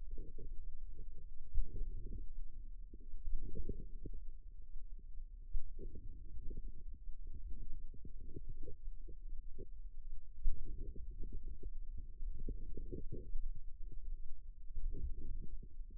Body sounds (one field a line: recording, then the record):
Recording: forearm muscle sounds (acoustic myography)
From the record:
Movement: outward rotation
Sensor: system 2, bracelet of six BSWA MPA416 microphones around the upper forearm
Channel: 6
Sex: female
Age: 22 years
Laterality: right